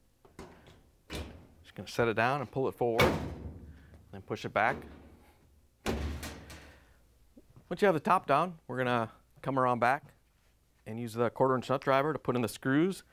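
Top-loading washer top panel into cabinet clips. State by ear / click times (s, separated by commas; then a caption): seated / 5.9 s. Someone talks while the metal top panel of a top-loading Whirlpool/KitchenAid/Maytag washer, with its suspension rods removed during a W11217817 suspension rod kit replacement, is lowered onto the cabinet, pulled forward and pushed back. A loud, sharp hit at 5.9 s marks the top snapping into its clips on the cabinet, and the panel is seated.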